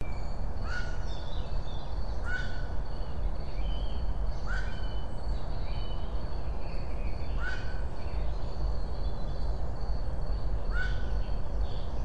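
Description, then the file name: Black-crowned night heron giving short, harsh croaking calls, repeated every two to three seconds, over a constant loud low rumble of background noise. "nachtreiher"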